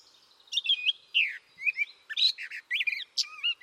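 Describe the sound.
Bird calls, a varied series of high whistled notes, some sliding down and others rising, delivered in quick succession.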